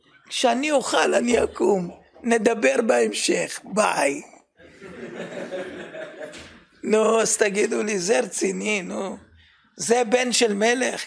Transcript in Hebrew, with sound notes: כשאני אוכל אני אקום. נדבר בהמשך. בַּיי... ' [צחוק בקהל] נו, אז תגידו לי, זה רציני, נו? זה בן של מלך?